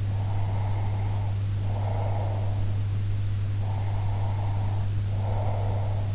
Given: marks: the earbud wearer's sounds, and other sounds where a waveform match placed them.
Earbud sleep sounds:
sounds in sleep by an in-ear microphone; breath
0.01-2.69 s: breath
3.64-6.09 s: breath

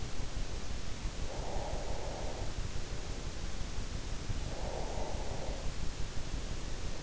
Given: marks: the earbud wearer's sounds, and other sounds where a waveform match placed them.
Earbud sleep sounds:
sounds in sleep by an in-ear microphone; breath
0.84-2.81 s: breath
3.98-5.85 s: breath

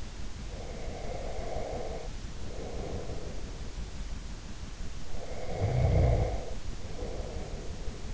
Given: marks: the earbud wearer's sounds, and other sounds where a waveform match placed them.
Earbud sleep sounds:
sounds in sleep by an in-ear microphone; breath, snoring breath
0.53-3.59 s: breath
5.09-8.14 s: snoring breath

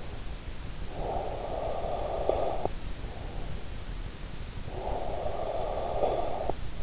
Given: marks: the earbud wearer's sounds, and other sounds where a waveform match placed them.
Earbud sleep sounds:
sounds in sleep by an in-ear microphone; breath
0.93-3.11 s: breath
4.66-6.83 s: breath

